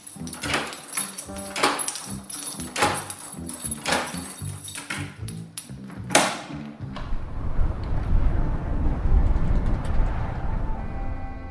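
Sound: door being opened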